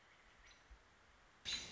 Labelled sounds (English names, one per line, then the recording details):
American Robin
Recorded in Sonoma County, California